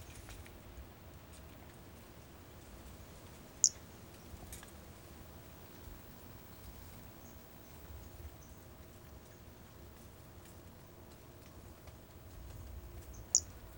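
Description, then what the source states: Brachycephalus albolineatus giving two brief, sharp high chirps about ten seconds apart, with faint high ticks between over a steady background hum. Recorded 4 February 2016.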